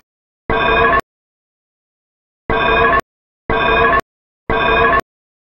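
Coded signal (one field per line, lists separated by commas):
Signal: alarm pattern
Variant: Super Metroid alarm sound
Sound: harsh buzzy electronic alarm bursts: one burst, a pause, then three half-second bursts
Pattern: temporal three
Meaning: Temporal-3 cadence signals a fire evacuation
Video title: Super Metroid Escape Alarm Sound Effect But Edited To A Code-3 Fire Alarm Like Sound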